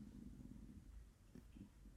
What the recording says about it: Did you just hear my stomach? That was really freaking loud. Holy crap, I need to eat.